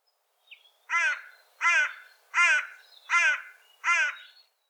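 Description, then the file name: Carrion crow cawing, five harsh hoarse caws evenly spaced about every 0.7 seconds, each a short raspy burst. "Corvus corone"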